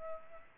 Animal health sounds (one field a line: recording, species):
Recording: mosquito wingbeat signal from an infrared sensor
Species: Culex pipiens